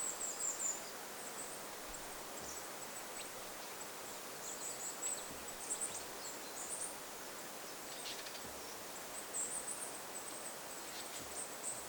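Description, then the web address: Goldcrest calls: thin, very high-pitched sibilant notes strung in quick, uneven series throughout, faint over a steady background hiss. Small flock of birds including goldcrests, 25 August 2026. "paivat 25 8 2026 pikkulintuparvi jossa on hippiaisia"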